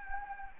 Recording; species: mosquito wingbeat signal from an infrared sensor; Anopheles gambiae